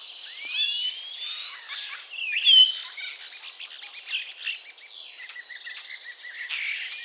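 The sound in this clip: Common starling giving a jumble of squeaks, slurred whistles and dry clicking chatter.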